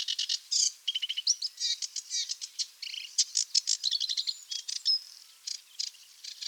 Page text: Sedge Warbler Song. Quick Sounds